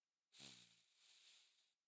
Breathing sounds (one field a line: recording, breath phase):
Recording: one breath near a microphone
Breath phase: inhalation